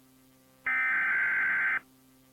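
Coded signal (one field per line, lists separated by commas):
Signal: Emergency Alert System (SAME) tones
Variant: header bursts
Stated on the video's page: Fake, edited tornado warning prank with VHS overlay, not real.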